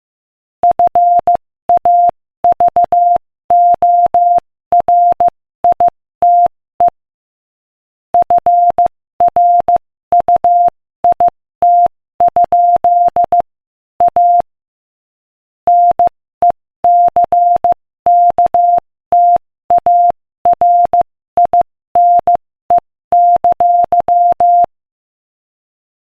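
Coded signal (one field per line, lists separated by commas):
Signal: Morse code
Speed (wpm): 15 wpm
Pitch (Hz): 700 Hz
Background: none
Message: FAVORITE FRUIT? A NECKTARINE!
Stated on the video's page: Morse code practice at 15 wpm; the text is a joke.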